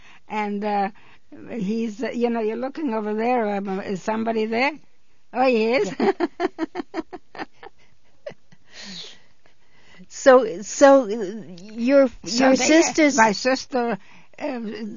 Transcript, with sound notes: And he's, you know, you're looking over there, is somebody there? Oh, he is? (she laughs)
So, so, your, your sister's...
My sister, she...